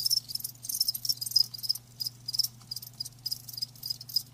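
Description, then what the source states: Crickets giving high, buzzy chirp bursts that come in quick clusters with short gaps between them, with a faint steady hum below. Live crickets chirping.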